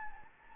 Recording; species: mosquito wingbeat signal from an infrared sensor; Anopheles gambiae